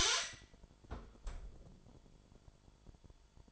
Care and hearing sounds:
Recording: daily activity, microphone in the room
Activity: close fridge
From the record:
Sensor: 5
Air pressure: 1007.9 hPa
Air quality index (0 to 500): 95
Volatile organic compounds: 1 ppm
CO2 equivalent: 745 ppm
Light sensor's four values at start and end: 39/90/38/39 and 39/89/37/38

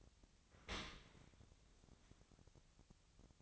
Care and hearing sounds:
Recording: daily activity, microphone in the room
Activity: open dishwasher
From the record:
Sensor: 3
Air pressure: 1003.1 hPa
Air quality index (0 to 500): 196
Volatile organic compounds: 6 ppm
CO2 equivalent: 1914 ppm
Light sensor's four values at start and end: 23/58/24/26 and 24/59/25/27

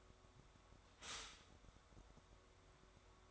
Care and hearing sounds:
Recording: daily activity, microphone in the room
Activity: stop toaster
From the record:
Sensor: 3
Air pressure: 1014.7 hPa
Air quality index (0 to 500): 200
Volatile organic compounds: 26 ppm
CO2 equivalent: 2857 ppm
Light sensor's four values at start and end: 4/10/3/4 and 4/10/4/4

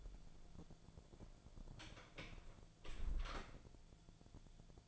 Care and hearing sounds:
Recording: daily activity, microphone in the room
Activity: close door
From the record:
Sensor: 5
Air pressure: 1000.6 hPa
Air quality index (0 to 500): 160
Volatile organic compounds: 2 ppm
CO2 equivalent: 1228 ppm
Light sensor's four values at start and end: 47/110/46/49 and 47/110/46/49

